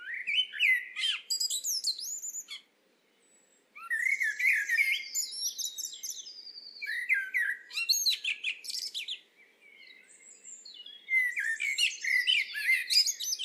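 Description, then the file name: Eurasian blackbird singing in bursts: low warbled phrases sliding around the middle range, each breaking into thin, squeaky high twitters, with short pauses near three and ten seconds. "Turdus merula"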